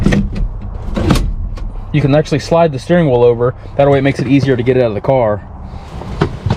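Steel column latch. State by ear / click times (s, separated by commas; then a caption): seated / 6.2 s. A swing-away steering wheel on a 1966 Ford Thunderbird is slid back over to its driving position on the steering column. Someone talks while a few short knocks sound early on. The wheel's lock engages with a sharp clunk at 6.2 s, and the wheel locks into place.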